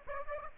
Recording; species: mosquito wingbeat signal from an infrared sensor; Aedes aegypti